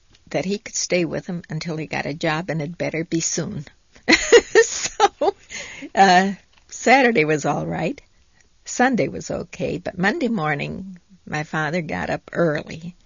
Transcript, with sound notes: that he could stay with him until he got a job, and it had better be soon. ( she laughs ) So Saturday was all right, Sunday was okay, but Monday morning my father got up early